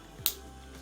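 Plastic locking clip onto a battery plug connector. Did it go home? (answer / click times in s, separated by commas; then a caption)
yes / 0.3 s. A plastic locking clip is snapped onto one side of a battery plug connector housing so the plugs cannot pull apart. A sharp, bright click sounds at 0.3 seconds over a low, steady background hum. The first side of the clip seats.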